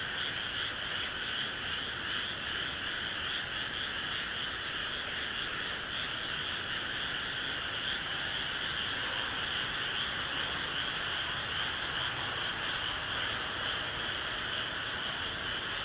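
Frogs call in a dense, unbroken chorus, a steady high trilling wall with constant low rustle underneath and no pauses throughout.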